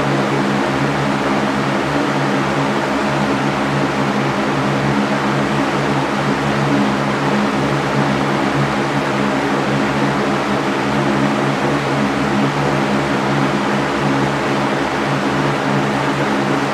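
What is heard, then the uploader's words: A fan runs steadily, giving a constant whooshing hiss spread evenly from low to high. Beneath it sits a low, even hum with a slight flutter, and nothing changes or interrupts the sound across the whole stretch. White Noise of a Fan.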